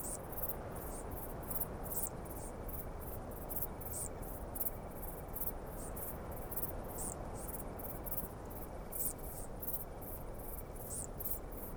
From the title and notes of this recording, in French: Decticelles dans le vent. La Decticelle splendide (Eupholidoptera chabrieri). La Decticelle cendrée (Pholidoptera griseoaptera), tout cela dans un vent froid du soir.